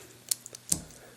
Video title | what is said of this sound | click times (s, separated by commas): Transformers Prime RID Deluxe SOUNDWAVE: EmGo's Transformers Reviews N' Stuff | They will snap into place right there. | 0.3 s, 0.7 s